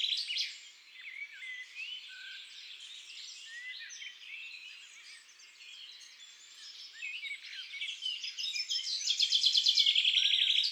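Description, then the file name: Common chaffinch song: a rapid rattling trill building toward the end, preceded by several seconds of mixed chirps and whistles from a busy bird chorus. In woods and forests. "Pinson des arbres Chants doiseaux des bois et des forets"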